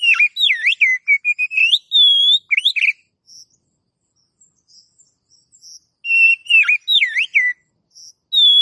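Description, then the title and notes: Oriental magpie-robin song: sweet whistled phrases that swoop up and down, repeated after a short pause, with faint soft notes in the gap. Long-duration master song used to train cage birds. "Master Kacer Durasi Panjang. Suara Masteran Burung Kacer Durasi Panjang"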